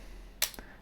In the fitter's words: and lock in place.